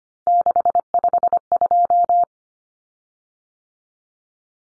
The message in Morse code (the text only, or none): 652